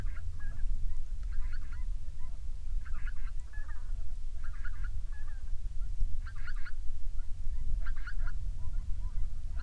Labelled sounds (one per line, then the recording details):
waterfowl
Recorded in the Prudhoe Bay oil fields, Alaska, on 13 May 2019 at 09:42
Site 21